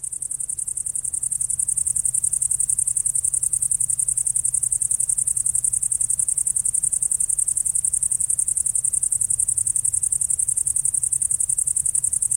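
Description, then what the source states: Great green bush-cricket stridulating in a continuous, very high buzzing trill, steady and unbroken throughout, over a low hum. Only males stridulate; now is the right time to listen, with air temperature at least 10 degrees, preferably much warmer.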